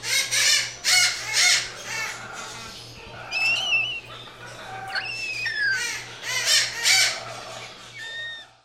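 Bird calls: loud harsh rasping squawks in pairs and short bursts, mixed with rising and falling whistled notes, over a steady low hum.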